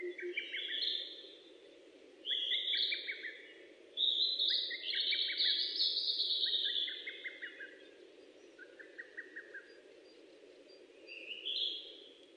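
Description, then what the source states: Bird song in bright, trilled and buzzy phrases, some rising and falling, delivered in bursts with short pauses, over a steady low hum. Recorded in Japan on 29 May 2004.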